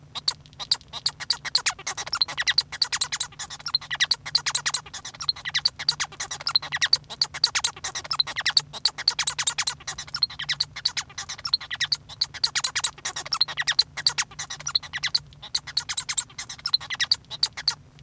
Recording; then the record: song of a male Bengalese finch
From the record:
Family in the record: son of father 1